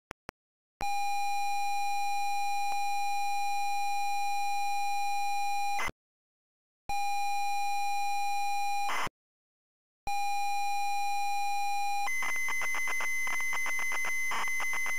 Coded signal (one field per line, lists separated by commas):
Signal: ZX Spectrum tape loading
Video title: ZX SPECTRUM Loading Cobra Ocean Software Ltd 1987